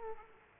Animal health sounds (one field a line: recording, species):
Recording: mosquito wingbeat signal from an infrared sensor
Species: Aedes aegypti